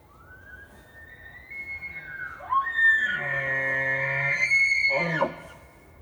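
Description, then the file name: Elk bugle rising from a thin whistle into a loud, piercing scream with a deep low tone underneath, ending in a sharp falling squeal. Bull elk with cows; recorded 18 October 2015. "Elk Bulland Cows 20151018"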